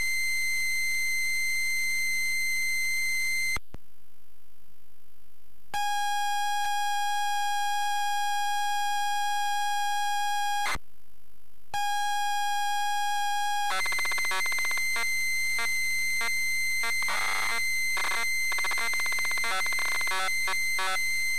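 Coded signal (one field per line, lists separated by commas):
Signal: ZX Spectrum tape loading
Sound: brief higher tone, silence, steady buzzing lead tone twice, then harsh rapid screeching data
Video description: zx spectrum version loaded on a zx spectrum plus 3 with a WH Smith cpd8300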